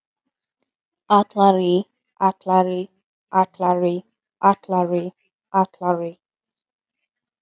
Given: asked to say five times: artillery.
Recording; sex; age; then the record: repeated word; female; 20 to 29 years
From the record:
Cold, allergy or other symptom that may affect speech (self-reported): no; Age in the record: 26 years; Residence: Florida, United States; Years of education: 20